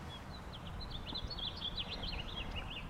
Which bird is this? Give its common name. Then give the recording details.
House Finch. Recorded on Long Island, New York, on 8 April 2011. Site BN. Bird D